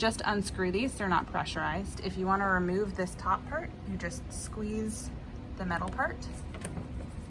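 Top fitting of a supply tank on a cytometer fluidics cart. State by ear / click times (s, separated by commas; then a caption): released / 6.6 s. A woman talks while squeezing the metal part of a quick-connect coupling on top of a non-pressurized fluid supply tank on a flow cytometer's fluidics cart. A single sharp pop is heard at 6.7 s as the top fitting releases and pops off.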